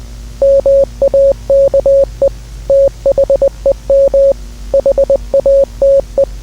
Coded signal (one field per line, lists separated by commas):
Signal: Morse code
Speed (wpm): 20 wpm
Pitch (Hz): 550 Hz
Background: none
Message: MAKE THEM HATE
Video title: EAS Scenario: Invincible Worldwide | Invincible War